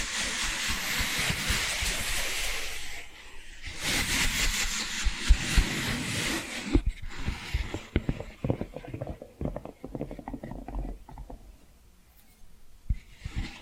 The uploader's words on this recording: ASMR 10 Hypnotic Tapping & Scratching Sounds for DEEP SLEEP (No Talking).